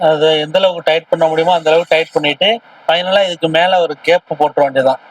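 A plastic cap for a tightened fitting on a children's ride-on toy car is being handled during assembly; it is meant to be pressed over the fitting and tapped once to snap it locked. Throughout the clip a man talks steadily, with only short pauses between phrases. Nothing has seated or clicked yet; the clip ends before the cap goes home.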